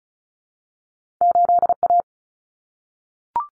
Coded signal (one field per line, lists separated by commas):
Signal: Morse code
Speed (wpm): 34 wpm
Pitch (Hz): 700 Hz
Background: none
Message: 8A